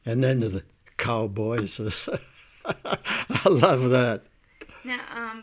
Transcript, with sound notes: And then the cowboys, (laughs) I love that!
Now...